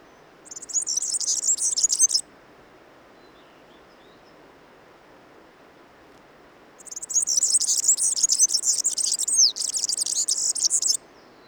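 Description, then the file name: European serin giving two bursts of high, scratchy, jangling song, a short phrase then a longer one about four seconds long after a pause. "serincini"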